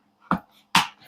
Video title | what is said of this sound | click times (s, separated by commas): Nov 22 Dollarama & Dollar Tree Shopping Trip | I'm just going to lock all these in place | 0.3 s, 0.8 s